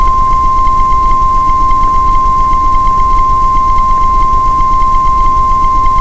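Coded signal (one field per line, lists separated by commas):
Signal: Emergency Alert System (SAME) tones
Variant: 1050 Hz attention tone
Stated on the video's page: Mock EAS alert.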